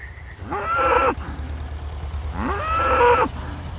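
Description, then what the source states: Cow mooing twice, each call rising and then holding a drawn-out, nasal tone, over low rumbling background noise. Cows introduced to graze and maintain meadow areas as part of the project.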